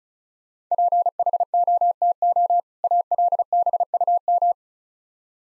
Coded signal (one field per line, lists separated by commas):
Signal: Morse code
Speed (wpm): 36 wpm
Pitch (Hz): 700 Hz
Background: none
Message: PHOTO ALBUM